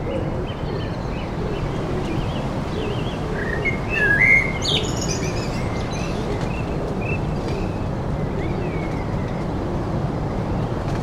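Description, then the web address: Birds give sparse chirps, with a brief cluster of sharp twittering notes midway, over a constant roar of wind through foliage. Birdsong heard amid heavy wind blowing through trees. "Tom Hutchings Wind in Trees Heavy with Birdsong"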